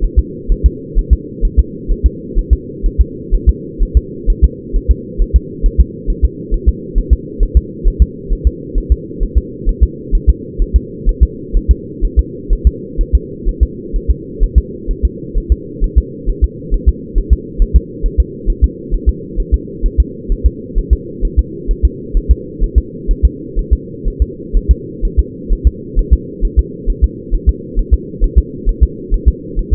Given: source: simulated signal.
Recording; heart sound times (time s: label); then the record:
fetal heart sounds
0.04 s: S1
0.19 s: S2
0.52 s: S1
0.66 s: S2
0.98 s: S1
1.13 s: S2
1.45 s: S1
1.59 s: S2
1.91 s: S1
2.06 s: S2
2.38 s: S1
2.53 s: S2
2.86 s: S1
3.01 s: S2
3.34 s: S1
3.49 s: S2
3.83 s: S1
3.97 s: S2
4.30 s: S1
4.44 s: S2
4.76 s: S1
4.91 s: S2
5.22 s: S1
5.36 s: S2
5.66 s: S1
5.80 s: S2
6.10 s: S1
6.24 s: S2
6.54 s: S1
6.68 s: S2
6.98 s: S1
7.13 s: S2
7.43 s: S1
7.57 s: S2
7.88 s: S1
8.02 s: S2
8.32 s: S1
8.47 s: S2
8.78 s: S1
8.92 s: S2
9.23 s: S1
9.38 s: S2
9.69 s: S1
9.83 s: S2
10.15 s: S1
10.29 s: S2
10.62 s: S1
10.76 s: S2
11.09 s: S1
11.23 s: S2
11.56 s: S1
11.71 s: S2
12.05 s: S1
12.19 s: S2
12.53 s: S1
12.67 s: S2
13.01 s: S1
13.15 s: S2
13.49 s: S1
13.63 s: S2
13.96 s: S1
14.10 s: S2
14.43 s: S1
14.58 s: S2
14.91 s: S1
15.05 s: S2
15.38 s: S1
15.52 s: S2
15.84 s: S1
15.98 s: S2
16.29 s: S1
16.44 s: S2
16.74 s: S1
16.89 s: S2
17.18 s: S1
17.33 s: S2
17.62 s: S1
17.76 s: S2
18.06 s: S1
18.20 s: S2
18.50 s: S1
18.64 s: S2
18.94 s: S1
19.09 s: S2
19.40 s: S1
19.54 s: S2
19.86 s: S1
20.00 s: S2
20.32 s: S1
20.46 s: S2
20.78 s: S1
20.93 s: S2
21.25 s: S1
21.39 s: S2
21.71 s: S1
21.85 s: S2
22.17 s: S1
22.31 s: S2
22.63 s: S1
22.78 s: S2
23.11 s: S1
23.25 s: S2
23.59 s: S1
23.73 s: S2
24.08 s: S1
24.22 s: S2
24.57 s: S1
24.71 s: S2
25.05 s: S1
25.19 s: S2
25.52 s: S1
25.67 s: S2
25.99 s: S1
26.13 s: S2
26.45 s: S1
26.59 s: S2
26.90 s: S1
27.04 s: S2
27.34 s: S1
27.49 s: S2
27.79 s: S1
27.93 s: S2
28.24 s: S1
28.38 s: S2
28.69 s: S1
28.83 s: S2
29.14 s: S1
29.28 s: S2
29.59 s: S1
29.73 s: S2
From the record:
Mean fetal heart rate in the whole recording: 130 bpm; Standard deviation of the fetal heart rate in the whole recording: 4 bpm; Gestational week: 38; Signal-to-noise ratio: -4.1 dB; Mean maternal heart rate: no maternal heart sound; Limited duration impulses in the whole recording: absent